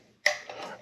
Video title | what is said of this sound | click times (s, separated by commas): how to replace an old drop in sink | locks it into place i guess it's all right | 0.3 s